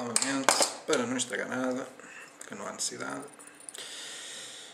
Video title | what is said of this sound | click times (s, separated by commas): 3D Dripper | sempre as coisas com calma cá está Então já encaixou direitinho que | 3.7 s, 3.8 s